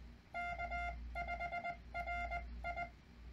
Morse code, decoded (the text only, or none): K5RI